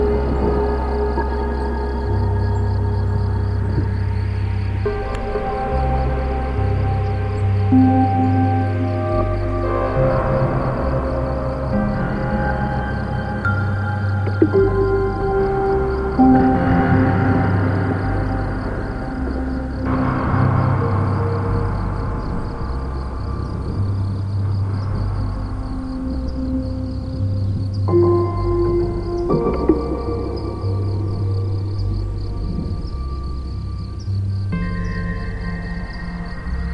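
Dark ambient music of slow, layered drones, with deep bass tones and held chords that shift every few seconds. A thin high whine hangs steadily over the top, and the overall level stays even and dense throughout.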